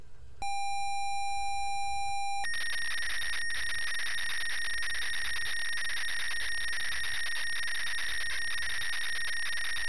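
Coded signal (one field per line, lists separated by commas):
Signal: ZX Spectrum tape loading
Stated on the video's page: Emulated ZX Spectrum tape loading on a retro virtual machine, a simulated recreation.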